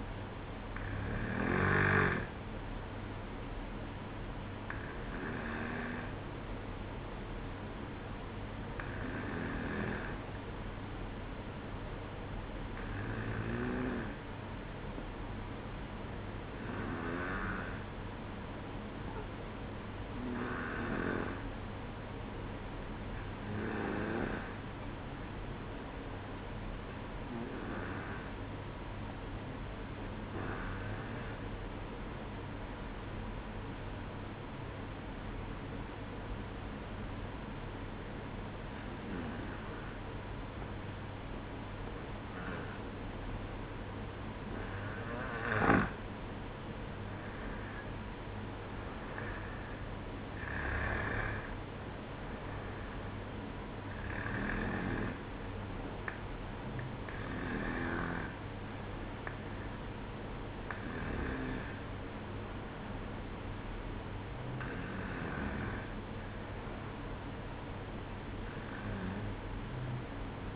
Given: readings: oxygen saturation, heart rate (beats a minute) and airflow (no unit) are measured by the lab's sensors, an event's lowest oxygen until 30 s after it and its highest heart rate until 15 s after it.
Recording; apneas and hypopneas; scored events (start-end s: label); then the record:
breathing in sleep by a voice recorder at the bedside; 1
13.00-43.70 s: hypopnea (N2, oxygen 95% highest, then 91% lowest, heart rate 63 at the start, 68 highest)
From the record:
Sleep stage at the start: N2 (light sleep); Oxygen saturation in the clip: 91 to 95%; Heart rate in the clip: 62 to 68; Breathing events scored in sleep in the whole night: 305 in 9.6 hours asleep